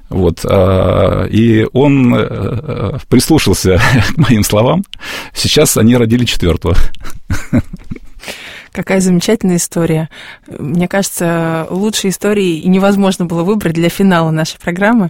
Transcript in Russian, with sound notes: И он прислушался моим словам, а сейчас они родили четвертого.
— (смеется) Какая замечательная история. Мне кажется, лучшей истории и невозможно было выбрать для финала нашей программы.